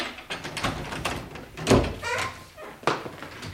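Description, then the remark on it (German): A door is forced open by pushing it in, with a heavy thunk in the middle, surrounded by rattling knocks and a short creaking scrape, then a few more clunks as it settles. “Wenn wir diese Tür nicht eindrücken könnten.”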